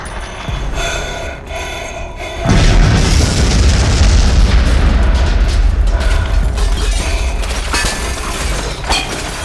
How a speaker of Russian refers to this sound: Поэтому Йорген вновь полез в сумку и бросил новую порцию взрывчатки прямо в клубящийся туман.